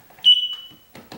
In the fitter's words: And it should click like that, and you'll hear it go dup, dup, dup, dup, dup, on the plastic little